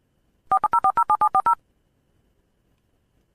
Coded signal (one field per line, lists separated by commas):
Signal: DTMF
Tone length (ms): 80 ms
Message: 40407740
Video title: LA PEGA EN RADIO FARODEPORTES/ LA QUINTA ESTACION RADIO (hecho con Spreaker)